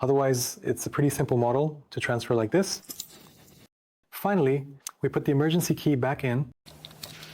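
Someone talks while replacing a Kia smart key housing, then begins sliding the metal emergency key blade back into the slot of the new plastic smart key fob housing. Near the end, a few faint, short ticks of handling are heard. The blade has not yet clicked or locked into place when the clip ends.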